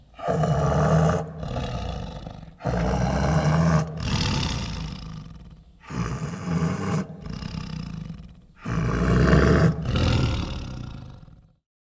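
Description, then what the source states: Tiger giving a run of rough, deep growls in several bursts separated by brief pauses, the last fading out. Chuffs mixed with various growls.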